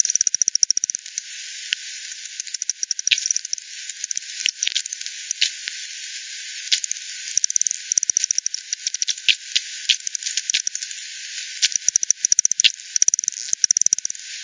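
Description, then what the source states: Several bats clicking in irregular rapid bursts, some runs dense enough to sound like rattles, with steady hiss behind. Multiple bats, Hogsmill River at Hogsmill Lane, 7 October 2020, 18:10; frequency-divided by ten, band-pass filtered and resampled.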